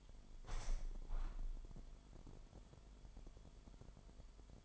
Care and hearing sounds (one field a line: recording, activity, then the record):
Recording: daily activity, microphone in the room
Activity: open window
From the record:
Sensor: 5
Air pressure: 998.7 hPa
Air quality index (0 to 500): 101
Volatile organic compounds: 2 ppm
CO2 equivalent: 1164 ppm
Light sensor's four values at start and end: 34/83/34/39 and 34/83/34/39